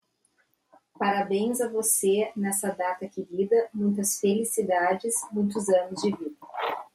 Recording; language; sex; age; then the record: short text; Brazilian Portuguese; female; 40 to 49 years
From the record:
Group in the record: control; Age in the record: 49 years